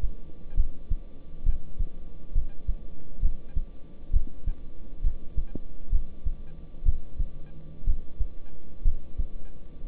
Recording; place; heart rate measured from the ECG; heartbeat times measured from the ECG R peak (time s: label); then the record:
heart sounds by stethoscope; between the tricuspid and mitral areas; 65 bpm
0.57 s: heartbeat
1.46 s: heartbeat
2.35 s: heartbeat
3.23 s: heartbeat
4.13 s: heartbeat
5.04 s: heartbeat
5.92 s: heartbeat
6.86 s: heartbeat
7.87 s: heartbeat
8.85 s: heartbeat
9.87 s: heartbeat
From the record:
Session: rest, lying down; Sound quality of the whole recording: good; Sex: male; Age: 26 years